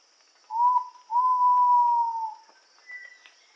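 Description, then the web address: Ivory-breasted pitta giving a loud two-part whistle: a short note, then a long steady whistle lasting over a second, followed by faint higher notes. Recorded in Indonesia. "ULM-DS-Lab indonesian-bird-sounds. Pitta maxima"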